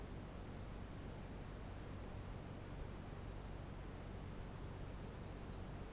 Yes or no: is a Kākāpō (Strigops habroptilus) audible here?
no